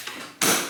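The battery compartment lid on a Toro Power Shovel 60-volt cordless snowblower is closed after the battery is seated. A faint tap comes early, then a sharp, loud snap lands at 0.4 s and rings out briefly. The lid closes completely and a magnet holds it shut.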